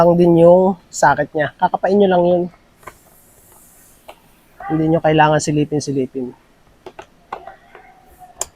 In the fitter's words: O yun. Pagka nakinig niyo ng nag-lock, full goods na yun.